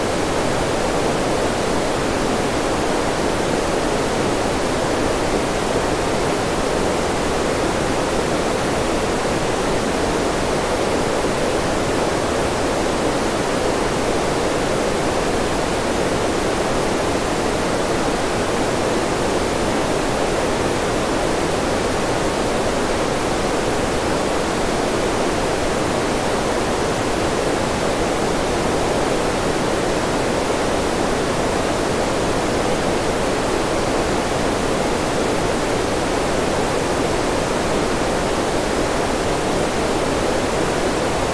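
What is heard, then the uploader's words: Green noise holds completely steady for the whole clip, a dense, even hiss with no events or changes in level. The sound is full in the middle range, softer in the deep lows and airy on top, much like a waterfall or rushing stream. Green Noise.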